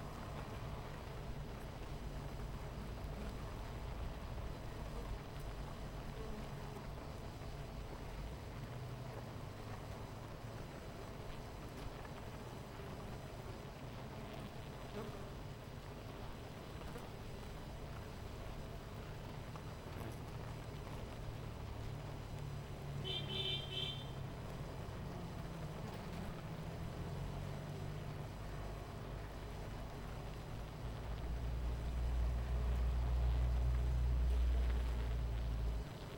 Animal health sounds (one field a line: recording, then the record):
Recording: honeybee colony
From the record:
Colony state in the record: missing queen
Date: 14 July 2017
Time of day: 10:29